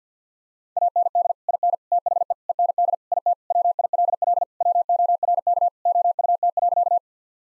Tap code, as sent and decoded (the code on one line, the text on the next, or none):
none